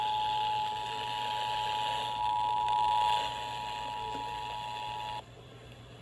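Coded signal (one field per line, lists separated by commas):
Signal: Emergency Alert System (SAME) tones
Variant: 853 and 960 Hz attention tone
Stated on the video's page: Compilation of monthly tests and weather alerts with added sound effects.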